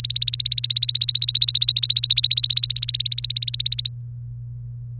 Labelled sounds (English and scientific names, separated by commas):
Domestic Canary (Serinus canaria) song